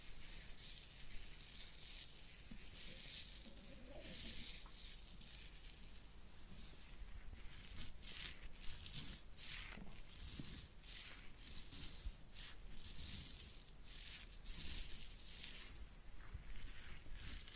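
A head massage and ear cleaning with soft, hissing scratches and rubbing against the hair and ear. The first half stays fairly quiet and even; after about eight seconds the scratching turns louder and busier, with frequent brief crackling strokes and a low rumble beneath.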